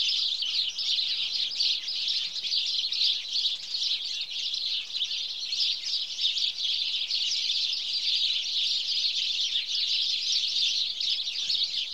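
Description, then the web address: House sparrow chorus, dense overlapping chirps forming an even, unbroken wall of twittering throughout. "BBC Sound Effects Library. House Sparrow (Passer Domesticus)"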